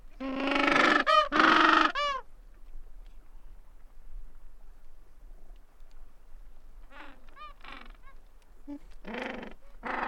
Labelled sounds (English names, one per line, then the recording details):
Gentoo Penguin call
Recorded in the wild
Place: Port Lockroy (Damoy Point), Antarctica, AQ
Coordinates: -64.49, -63.29
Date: 2018-12-27
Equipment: Olympus LS-100, Sennheiser ME66
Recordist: Beaulieu, Michaël